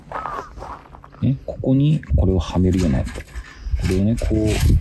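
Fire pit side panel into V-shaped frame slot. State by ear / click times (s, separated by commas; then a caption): not seated / none. A metal side panel of a compact Makulite camp fire pit is handled toward the V-shaped slot in the fire pit's metal frame while someone talks, with a few faint handling ticks. The clip ends before the panel goes in, so nothing has seated or clicked yet.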